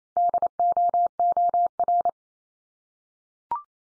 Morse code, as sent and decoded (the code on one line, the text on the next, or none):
-.. --- --- .-.
DOOR